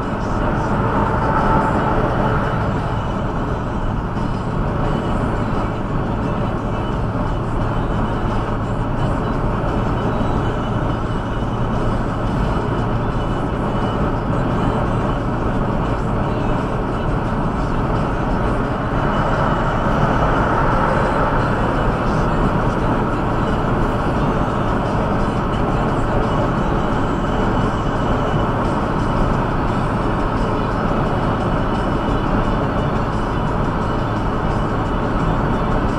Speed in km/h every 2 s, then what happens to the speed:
102, 102, 102, 103, 105, 106, 107, 107, 106, 106, 105, 105, 104, 104, 103, 102, 102, 102.
0-36 steady at about 104.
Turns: none.